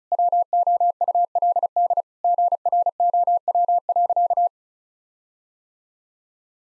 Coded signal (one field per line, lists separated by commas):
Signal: Morse code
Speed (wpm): 34 wpm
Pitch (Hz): 700 Hz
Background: none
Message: WOULD GROW.